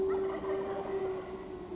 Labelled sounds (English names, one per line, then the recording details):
Wild Turkey
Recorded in Sonoma County, California